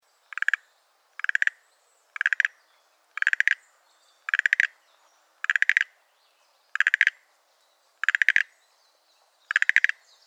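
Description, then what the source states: Schlegel's green tree frog calling, short bursts of rapid rattling clicks, each about a quarter second long, repeated roughly every second in a steady series. Recorded 2014-04-18.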